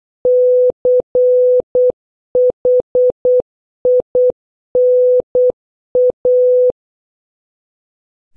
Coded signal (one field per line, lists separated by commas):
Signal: Morse code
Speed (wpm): 8 wpm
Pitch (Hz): 500 Hz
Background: none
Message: CHINA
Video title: 6. Practice Morse Code Words with Sound - A to N (Increasing speed) (Must Watch previous videos)